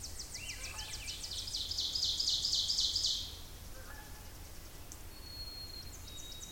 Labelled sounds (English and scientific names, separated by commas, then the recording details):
Ovenbird (Seiurus aurocapilla) song
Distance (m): 40 m
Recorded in boreal forest in Alberta, Canada, on 26 May 2016 at 07:47
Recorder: SongMeter 3, array SBT-3-15
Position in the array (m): 53 m, 221 m
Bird 20